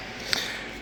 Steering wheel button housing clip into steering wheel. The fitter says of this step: okay so you can see that little clip in there that goes in there and klicks in